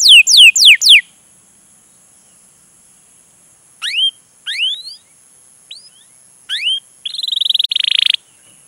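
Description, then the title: Canary song: a quick run of descending whistled sweeps, a pause, then rising upslurred whistles and a fast buzzy trill at the end. Pancingan lure to prompt a canary to sing; described as gacor and long. "PANCINGAN Kenari GACOR PANJANG. Pancingan Gacor Masteran"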